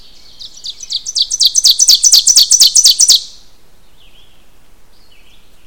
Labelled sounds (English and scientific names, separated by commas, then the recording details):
Ovenbird (Seiurus aurocapilla) song
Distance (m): 5 m
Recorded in boreal forest in Alberta, Canada, on 16 June 2016 at 08:43
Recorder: SongMeter 3, array SBT-3-32
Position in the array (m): 178 m, 34 m
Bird 36